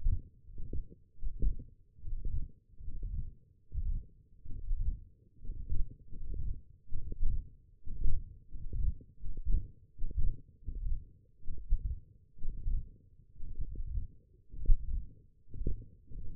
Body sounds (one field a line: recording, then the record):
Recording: forearm muscle sounds (acoustic myography)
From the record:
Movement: hand closing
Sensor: system 1, eight BSWA MPA416 microphones around the upper forearm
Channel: 3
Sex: male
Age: 23 years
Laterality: right